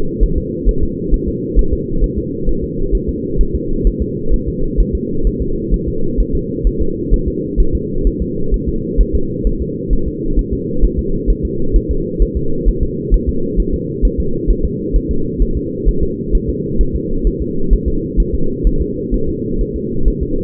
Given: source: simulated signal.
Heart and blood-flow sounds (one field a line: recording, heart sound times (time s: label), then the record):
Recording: fetal heart sounds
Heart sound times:
0.23 s: S1
0.38 s: S2
0.69 s: S1
0.83 s: S2
1.14 s: S1
1.28 s: S2
1.59 s: S1
1.73 s: S2
2.04 s: S1
2.18 s: S2
2.49 s: S1
2.64 s: S2
2.95 s: S1
3.09 s: S2
3.41 s: S1
3.55 s: S2
3.87 s: S1
4.02 s: S2
4.34 s: S1
4.48 s: S2
4.80 s: S1
4.95 s: S2
5.27 s: S1
5.42 s: S2
5.74 s: S1
5.88 s: S2
6.20 s: S1
6.35 s: S2
6.67 s: S1
6.82 s: S2
7.14 s: S1
7.28 s: S2
7.60 s: S1
7.75 s: S2
8.07 s: S1
8.22 s: S2
8.54 s: S1
8.69 s: S2
9.01 s: S1
9.15 s: S2
9.47 s: S1
9.62 s: S2
9.93 s: S1
10.08 s: S2
10.39 s: S1
10.53 s: S2
10.84 s: S1
10.99 s: S2
11.30 s: S1
11.45 s: S2
11.76 s: S1
11.91 s: S2
12.22 s: S1
12.37 s: S2
12.68 s: S1
12.83 s: S2
13.14 s: S1
13.29 s: S2
13.60 s: S1
13.74 s: S2
14.05 s: S1
14.20 s: S2
14.50 s: S1
14.65 s: S2
14.96 s: S1
15.11 s: S2
15.42 s: S1
15.57 s: S2
15.89 s: S1
16.03 s: S2
16.35 s: S1
16.49 s: S2
16.81 s: S1
16.96 s: S2
17.27 s: S1
17.42 s: S2
17.73 s: S1
17.88 s: S2
18.20 s: S1
18.35 s: S2
18.67 s: S1
18.81 s: S2
19.14 s: S1
19.29 s: S2
19.61 s: S1
19.76 s: S2
20.08 s: S1
20.23 s: S2
From the record:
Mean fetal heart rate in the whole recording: 130 bpm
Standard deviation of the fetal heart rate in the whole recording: 2 bpm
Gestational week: 36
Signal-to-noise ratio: -8.1 dB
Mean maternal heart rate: 72 bpm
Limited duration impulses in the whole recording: absent